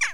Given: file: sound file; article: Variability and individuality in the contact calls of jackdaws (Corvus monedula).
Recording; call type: jackdaw call; harmonic